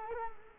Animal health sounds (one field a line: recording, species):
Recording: mosquito wingbeat signal from an infrared sensor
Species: Culex quinquefasciatus